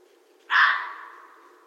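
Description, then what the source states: Red fox with a single coarse, scratchy bark that starts sharply and slowly dies away. Recorded 13 January 2012.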